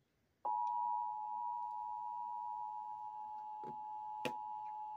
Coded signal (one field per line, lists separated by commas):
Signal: Emergency Alert System (SAME) tones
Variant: 853 and 960 Hz attention tone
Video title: EAS Alerts from July 30 - 31 2024 SWO KHB59 Beaver CH12